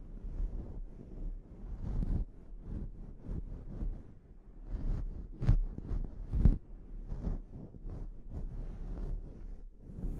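A scalp treatment with irregular rubbing and scratching strokes, mostly low and muffled with a rough, rumbling texture that rises and falls every second or so. Two sharp clicks or taps stand out near the middle, about a second apart.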